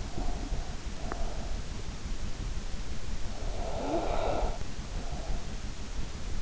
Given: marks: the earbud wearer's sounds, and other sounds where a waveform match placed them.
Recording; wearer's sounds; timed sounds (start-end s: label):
sounds in sleep by an in-ear microphone; breath
0.00-1.62 s: breath
3.28-5.65 s: breath